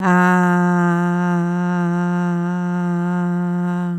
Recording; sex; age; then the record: sustained vowel /a/; female; 40 to 49 years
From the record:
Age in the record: 47 years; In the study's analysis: included